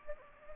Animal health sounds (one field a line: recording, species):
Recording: mosquito wingbeat signal from an infrared sensor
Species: Anopheles gambiae